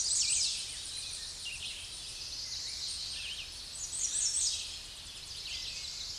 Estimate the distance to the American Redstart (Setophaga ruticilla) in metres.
about 20 m